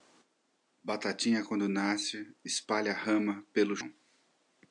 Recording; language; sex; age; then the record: short text; Brazilian Portuguese; male; 60 to 69 years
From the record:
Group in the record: control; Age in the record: 63 years